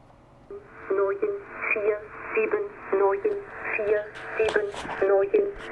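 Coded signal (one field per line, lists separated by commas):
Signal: numbers station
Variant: G06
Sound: a voice reading short, evenly spaced words, like numbers, over shortwave radio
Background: radio static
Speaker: this is referred to as g06 that is German 06 the sixth German station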